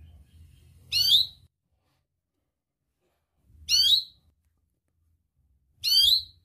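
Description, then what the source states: Atlantic canary song: three short, bright trilled bursts, each about half a second long, a few seconds apart. Canary in 'gacor' state, singing actively; praised for its best 'cengkok' phrasing with very rich 'isian' fill, in the Indonesian songbird hobby (kicaumania).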